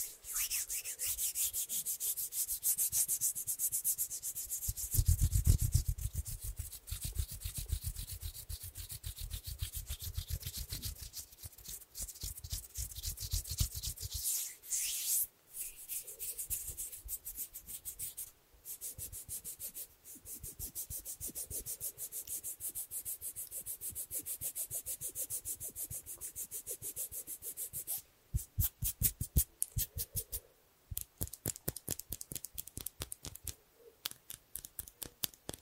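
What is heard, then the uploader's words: Hands rub and flutter in a dense, rapid scratching texture, brightest early on, with a heavier burst near five seconds and brief pauses later. ASMR Super Relaxing Hand Sounds With Finger Fluttering（No Talking）.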